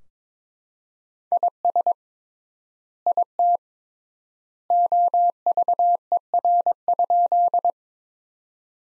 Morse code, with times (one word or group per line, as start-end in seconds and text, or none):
1.3-1.9 IS
3.1-3.6 IT
4.7-7.7 OVER?